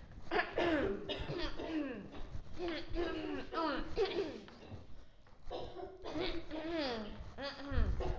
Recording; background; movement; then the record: throat clearing; a bystander coughing; walking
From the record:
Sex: female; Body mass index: 18.3 kg/m2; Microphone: on the chest, facing outward